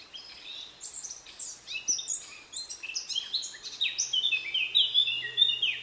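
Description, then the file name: Eurasian blackcap in a lively, continuous warble of high chirps and fluty slurs, getting louder toward the end, over a faint low hum. "Sylvia atricapilla"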